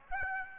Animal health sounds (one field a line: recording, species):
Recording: mosquito wingbeat signal from an infrared sensor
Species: Aedes aegypti